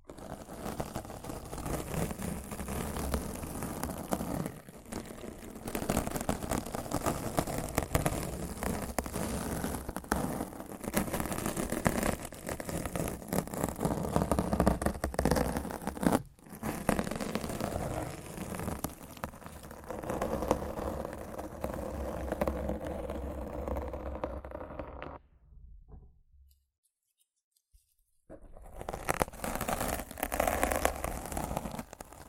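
Rough, dense scratching and brushing right against the mic, steady and gritty with a low rumble, broken by a near-silent gap around 26–28 seconds.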